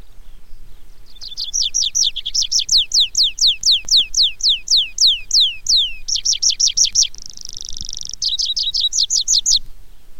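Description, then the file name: Tree pipit song: a long series of loud, high, slurred notes repeated several times a second, then a rapid dry trill, a buzzy rasping passage, and more fast repeated notes. "baumpieper"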